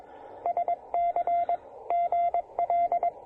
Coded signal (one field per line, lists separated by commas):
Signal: Morse code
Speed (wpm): 19 wpm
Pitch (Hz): 700 Hz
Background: none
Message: SC GL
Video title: Field Portable POTA: Pairing the Yaesu FT-817ND, an End-Fed Half-Wave, and the Begali Traveler!